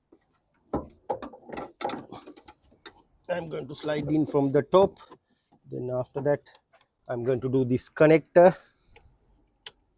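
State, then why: Seated. Someone talks while a new wiper motor and linkage for a Vauxhall Mokka, replacing one with water damage inside, are slid in from the top, and the wiring harness plug is pushed onto the motor's socket. A single sharp click is heard at 9.7 s as the connector seats.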